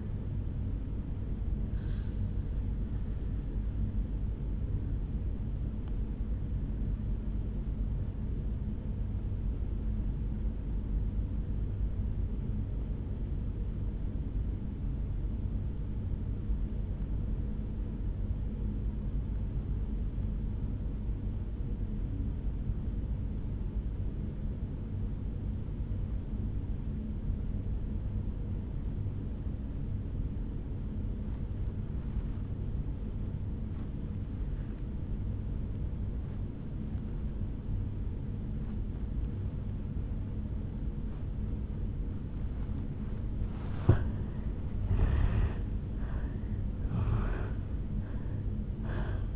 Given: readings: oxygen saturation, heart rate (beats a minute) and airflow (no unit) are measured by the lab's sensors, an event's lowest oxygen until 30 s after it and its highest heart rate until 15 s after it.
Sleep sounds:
breathing in sleep by a smartphone at the bedside; 1
8.00-42.60 s: obstructive apnea (N1, oxygen 97% highest, then 80% lowest, heart rate 54 at the start, 77 highest)
27.00-49.36 s: new sleep stage, N2 (light sleep)
From the record:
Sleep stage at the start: N1 (lightest sleep); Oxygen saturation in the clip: 81 to 97%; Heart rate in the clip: 54 to 76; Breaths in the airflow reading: 3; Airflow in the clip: -9.1 to 6.2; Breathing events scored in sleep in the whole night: 449 in 7.0 hours asleep

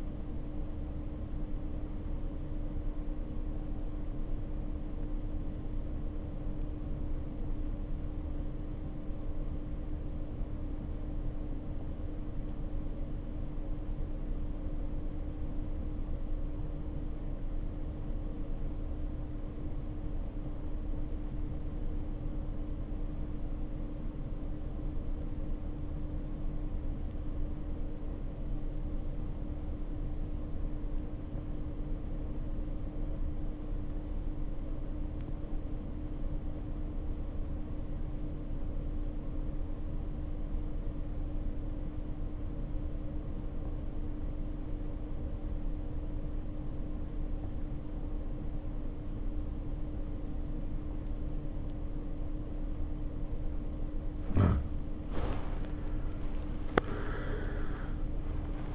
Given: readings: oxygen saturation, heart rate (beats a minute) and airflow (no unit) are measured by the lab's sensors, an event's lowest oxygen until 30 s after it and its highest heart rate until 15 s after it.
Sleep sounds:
breathing in sleep by a smartphone at the bedside; 1
6.00-51.00 s: obstructive apnea (REM, oxygen 96% highest, then 67% lowest, heart rate 55 at the start, 87 highest)
55.00-58.75 s: new sleep stage, N1 (lightest sleep)
From the record:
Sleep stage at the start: REM sleep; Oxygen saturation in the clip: 69 to 96%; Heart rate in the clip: 51 to 78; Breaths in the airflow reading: 6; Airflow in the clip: -1.5 to 3.6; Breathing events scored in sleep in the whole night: 520 in 7.2 hours asleep

